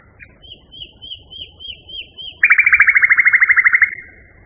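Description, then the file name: Common nightingale singing soft, evenly spaced piping notes, then bursting into a loud, rapid rattling trill for about a second and a half, ending on a high note. Song, variation 3. "kicauan-nightingale-b-variasi 3-omkicau"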